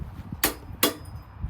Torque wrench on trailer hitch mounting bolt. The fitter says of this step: and that clicking sound